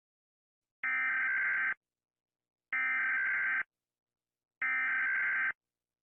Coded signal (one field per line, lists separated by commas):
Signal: Emergency Alert System (SAME) tones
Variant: header bursts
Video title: Rating EAS alarms from around the world 💀 (part 1)